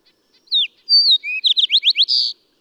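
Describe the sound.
A bird gives one song phrase: falling whistle, high drawn-out note, lower whistle, several quick rising notes, and a rough buzzy note to close.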